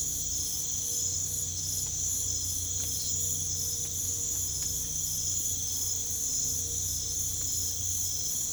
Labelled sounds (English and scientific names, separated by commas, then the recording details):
none
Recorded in pastures near Puerto Asís, Putumayo, Colombia, on 22 December 2024 at 22:30
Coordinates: 0.487, -76.322
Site GP09